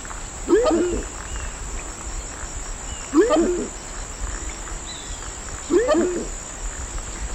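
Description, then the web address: Horned screamer calls, three low hooked double honks spaced roughly two and a half seconds apart against steady background hiss. Recorded in the eastern lowlands of South America. "Natures Songs S America Eastern Lowlands. Horned Screamer"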